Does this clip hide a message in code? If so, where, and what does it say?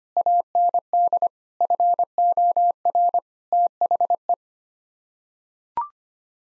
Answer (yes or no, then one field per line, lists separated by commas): yes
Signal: Morse code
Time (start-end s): 0.2-4.3 s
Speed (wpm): 25 wpm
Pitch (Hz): 700 Hz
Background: none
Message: AND FOR THE